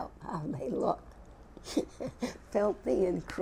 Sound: she laughs

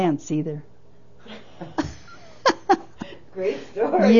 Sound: laughs

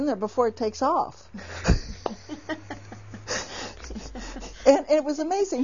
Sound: they laugh

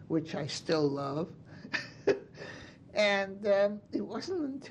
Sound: chuckles

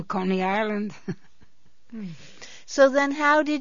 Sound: she laughs

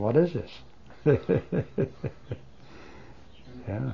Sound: he laughs

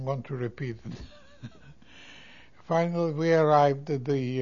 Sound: he laughs

